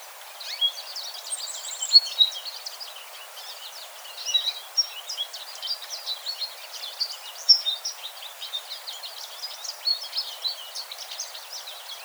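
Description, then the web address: American goldfinch calls: steady flurry of high chips and twittering notes with occasional louder calls, set against continuous hiss. Recorded on 4 January 2007. "American Goldfinch 2007 01 04"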